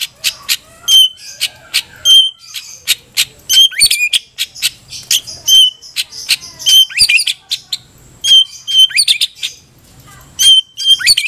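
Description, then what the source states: White-rumped shama giving a long, energetic series of sharp clicks, ringing whistles and rising sweeps, repeated almost continuously with brief gaps. Masteran recording: tutor song for training caged birds.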